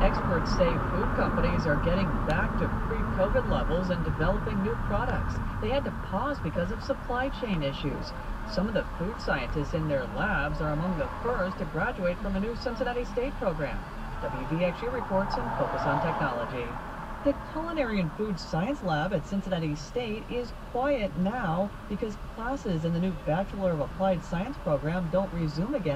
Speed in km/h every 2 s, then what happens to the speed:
27, 21, 15, 6, 0, 0, 0, 0, 0, 0, 0, 0, 0.
0-7 brakes to 0. 7-26 standing.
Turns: none.